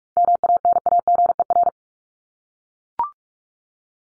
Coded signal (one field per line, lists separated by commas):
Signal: Morse code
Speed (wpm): 44 wpm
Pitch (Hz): 700 Hz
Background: none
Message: MANAGER